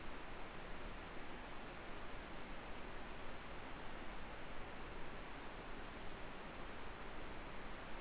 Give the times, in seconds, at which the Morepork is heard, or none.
none